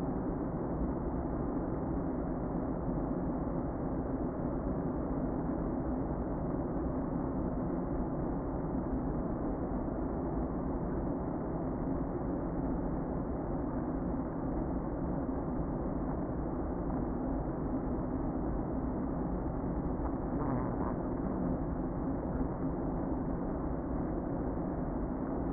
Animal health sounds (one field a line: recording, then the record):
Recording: honeybee colony, microphone inside the hive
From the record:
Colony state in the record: queen present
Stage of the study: before two queens were removed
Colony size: about 60,000 bees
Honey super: yes